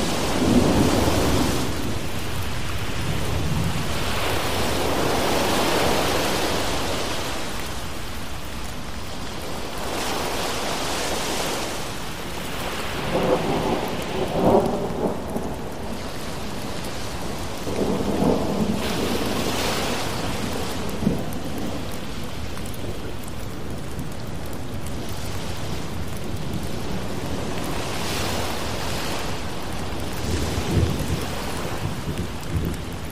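A thunderstorm with steady rain hisses throughout, a dense, even wash of drops. Low rolling swells rise and fade every few seconds, around 5, 14, 19 and 29 seconds, like waves or thunder surging beneath the rain.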